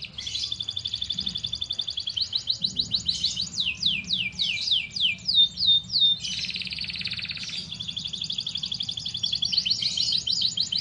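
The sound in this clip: Bird song alternating dense buzzy rattling trills with brief bursts of falling whistled sweeps, over a low rumbling background noise.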